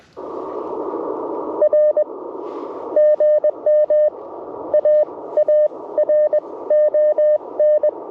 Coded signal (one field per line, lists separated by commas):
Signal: Morse code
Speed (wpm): 20 wpm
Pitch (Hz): 600 Hz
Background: radio noise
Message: R GM AARON